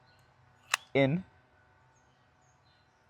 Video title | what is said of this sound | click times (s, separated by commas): Modify Built a MONSTER… - Tyrant 2011 Full Review | It almost seems like it doesn't latch all the way down. | 0.7 s